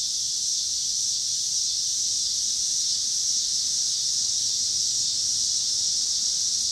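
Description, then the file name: Cicadas singing, a steady high-pitched buzzing drone that holds unbroken throughout, with faint low rumble beneath. Cicadas with car noise in Pittsburgh, Pennsylvania, on 26 August 2023. "cicadas and cars Pittsburgh PA"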